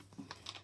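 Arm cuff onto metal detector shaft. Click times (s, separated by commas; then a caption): 0.3 s, 0.5 s. An arm cuff is adjusted for arm length on the shaft of a Nokta Legend 2 metal detector and tightened. Faint handling rustle leads into two sharp clicks at 0.3 s and 0.5 s. The cuff is clicked in place and secure.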